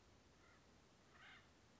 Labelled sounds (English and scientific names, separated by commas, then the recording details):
Acorn Woodpecker (Melanerpes formicivorus)
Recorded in Sonoma County, California